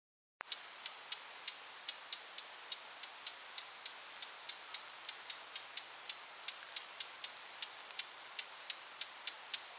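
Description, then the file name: Eurasian blackcap calling: many sharp, dry ticking notes repeated steadily. "Sylvia atricapilla"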